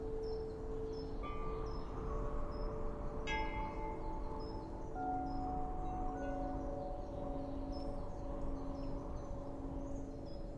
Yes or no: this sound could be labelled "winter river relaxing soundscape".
no